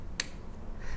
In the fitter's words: it's wonderful packaging you just turn around the top of the lid a little click and then